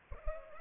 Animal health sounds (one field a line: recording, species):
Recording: mosquito wingbeat signal from an infrared sensor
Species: Culex pipiens